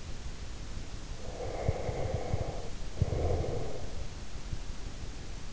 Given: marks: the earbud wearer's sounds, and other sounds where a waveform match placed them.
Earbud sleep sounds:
sounds in sleep by an in-ear microphone; breath
1.12-4.09 s: breath

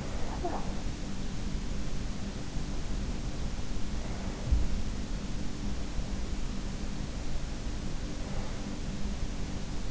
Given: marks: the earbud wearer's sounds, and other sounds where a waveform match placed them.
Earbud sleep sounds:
sounds in sleep by an in-ear microphone; talking in sleep
0.00-0.95 s: talking in sleep

